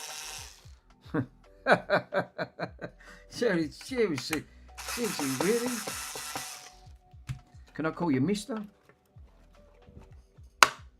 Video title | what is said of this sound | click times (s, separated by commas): Bush record player part 2 | Oh, that's It's not sit that I heard that click, but it didn't break. | 10.6 s